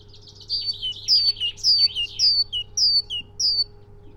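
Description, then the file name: Great tit giving a rapid string of bright two-note phrases, high then lower, with some scratchy buzzy notes at the start and a faint steady hum beneath. "Parus major"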